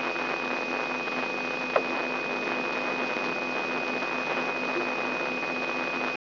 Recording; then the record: brain microelectrode recording played as sound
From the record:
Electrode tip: inside the subthalamic nucleus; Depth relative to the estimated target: -1.3 mm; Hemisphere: right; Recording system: AlphaMap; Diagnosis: Parkinson's disease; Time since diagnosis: 9 years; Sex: female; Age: 46 years